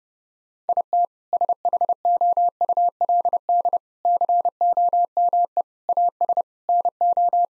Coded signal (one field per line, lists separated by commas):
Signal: Morse code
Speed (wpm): 28 wpm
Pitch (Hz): 700 Hz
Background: none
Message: IT SHOULD COME AS NO